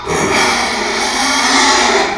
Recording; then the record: squeal of a Yucatan mini pig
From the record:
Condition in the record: after surgery on the right vocal fold (resection and tissue-engineered implant); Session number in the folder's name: 2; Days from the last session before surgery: 13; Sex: male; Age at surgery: 12 weeks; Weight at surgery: 13 kg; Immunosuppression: cyclosporine, prednisolone